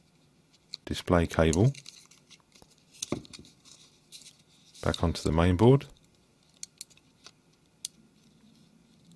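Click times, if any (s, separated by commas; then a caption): 7.8 s. Someone talks while the display flex cable connector of a smartphone is pressed back onto its board-to-board socket on the mainboard, with a few small taps and clicks in between. At 7.8 s the connector snaps gently into place, and it is seated.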